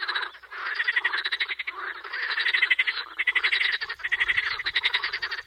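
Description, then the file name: Edible frog giving fast, pulsed rattling croaks in bursts, with brief dips between bouts and a faint low rumble near the end. "Kecskeb ka"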